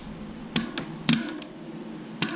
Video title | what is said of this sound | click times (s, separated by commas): How To Swap Your Cassette and Derailleur | two gears grinding together but you want to hear the torque wrench click it's about to you there | 2.2 s